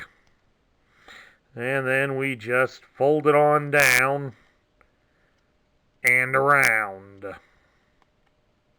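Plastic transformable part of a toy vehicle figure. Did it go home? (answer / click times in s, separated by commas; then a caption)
yes / 8.0 s. Someone talks while folding a plastic transformable part of a toy vehicle figure down and rotating it around during transformation. A small click is heard at 8.0 seconds as the part locks into place.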